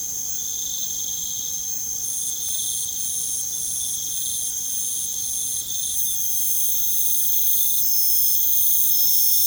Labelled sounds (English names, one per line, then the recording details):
none
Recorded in pastures near Puerto Asís, Putumayo, Colombia, on 23 June 2025 at 20:30
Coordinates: 0.472, -76.331
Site G095